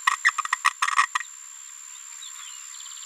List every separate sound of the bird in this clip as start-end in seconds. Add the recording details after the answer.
0.07-0.10, 0.24-0.30, 0.38-0.41, 0.52-0.55, 0.82-0.85. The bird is a female. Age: 27 days. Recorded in a nest box in Venezuela. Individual 17B73B2